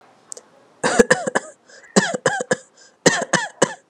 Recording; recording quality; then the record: shallow voluntary cough; excellent, no background noise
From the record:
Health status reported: healthy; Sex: male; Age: 28 years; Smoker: no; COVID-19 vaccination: one dose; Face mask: not worn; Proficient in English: yes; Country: India